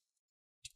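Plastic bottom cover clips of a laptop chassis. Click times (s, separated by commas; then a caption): 0.7 s. A plastic opening tool is twisted between the top and bottom covers of a Lenovo Ideapad 330 17IKB laptop to pry loose the plastic bottom cover clips of the chassis. After faint ticks, a sharp click at 0.7 s marks a clip popping loose, and the bottom cover clip is released.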